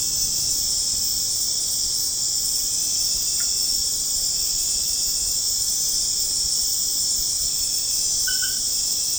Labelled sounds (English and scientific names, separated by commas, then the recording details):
none
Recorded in pastures near Puerto Asís, Putumayo, Colombia, on 25 June 2025 at 22:30
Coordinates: 0.496, -76.326
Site GP01